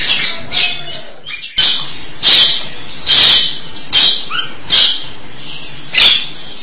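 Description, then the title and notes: Starling giving harsh, buzzy chattering bursts roughly every second, mixed with a few short clear whistles and squeaky notes. "suara burung jalak"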